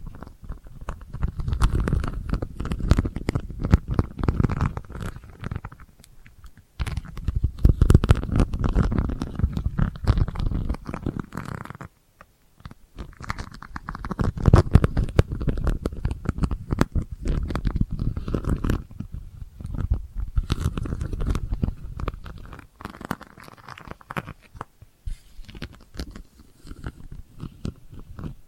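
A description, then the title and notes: Delicate scratching in dense, rapid bursts of fine crackling strokes, heaviest in the low and middle range with a thin bright edge on top. The scratching runs in long stretches broken by brief near-silent gaps around 7, 12 and 22 seconds. ASMR Delicate Scratching for Sleep (No Talking).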